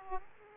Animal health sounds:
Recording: mosquito wingbeat signal from an infrared sensor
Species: Aedes aegypti

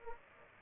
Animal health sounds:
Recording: mosquito wingbeat signal from an infrared sensor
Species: Aedes aegypti

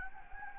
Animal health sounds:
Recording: mosquito wingbeat signal from an infrared sensor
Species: Anopheles gambiae

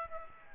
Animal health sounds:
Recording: mosquito wingbeat signal from an infrared sensor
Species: Aedes aegypti

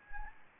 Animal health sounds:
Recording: mosquito wingbeat signal from an infrared sensor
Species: Anopheles gambiae

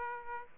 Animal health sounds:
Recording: mosquito wingbeat signal from an infrared sensor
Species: Aedes aegypti

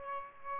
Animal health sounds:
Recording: mosquito wingbeat signal from an infrared sensor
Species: Aedes aegypti

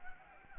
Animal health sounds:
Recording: mosquito wingbeat signal from an infrared sensor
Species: Anopheles gambiae

